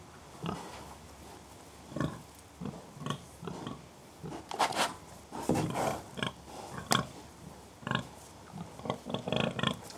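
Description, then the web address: Pig grunts, frequent rough grunts and snorts, bunching into a denser noisy burst midway. Three pigs grunting occasionally; livestock. "BBC Sound Effects Library BBC Livestock Three Pigs Grunting Occasionally"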